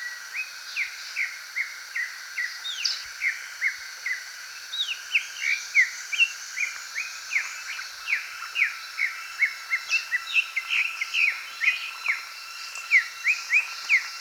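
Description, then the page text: Greater green leafbird song: a lively run of brief, clear whistled notes, about two each second, some rising and some falling, over a constant steady background tone. "Greater Green Leafbird Song. Quick Sounds"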